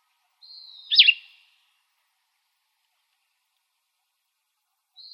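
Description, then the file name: Plumbeous vireo producing a single husky slurred note preceded by a thin whistled tone, followed by silence and a faint tone at the end. "PLVI 9 deviche"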